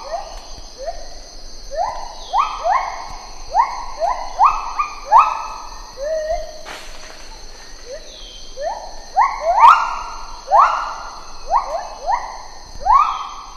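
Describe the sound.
Lar gibbon producing a long series of rising, sustained whooping notes, clustered and overlapping in bursts with brief lulls, against a persistent high drone.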